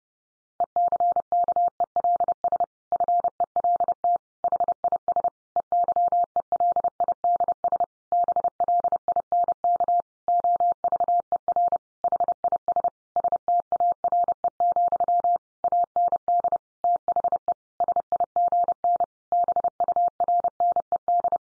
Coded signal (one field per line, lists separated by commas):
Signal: Morse code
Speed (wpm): 30 wpm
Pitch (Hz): 700 Hz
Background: none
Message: ECKELS FELT HIS EYELIDS BLINK OVER HIS STARE, AND THE SIGN BURNED